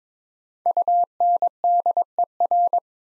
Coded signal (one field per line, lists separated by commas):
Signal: Morse code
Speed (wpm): 22 wpm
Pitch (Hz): 700 Hz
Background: none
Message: UNDER